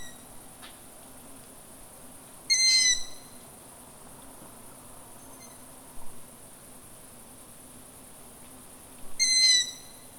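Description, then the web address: Long-eared owl giving high, squeaky drawn-out calls, two clear ones about seven seconds apart with a fainter note between, over steady high-pitched hiss and low hum. Recorded on 29 July 2018. "fagelljud 20180729 hornuggla"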